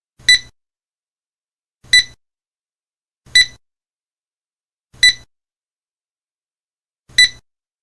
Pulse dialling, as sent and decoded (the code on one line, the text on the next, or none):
none